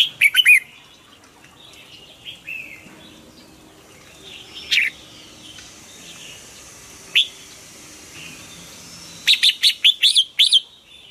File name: Tieng chao mao hue hot giong kep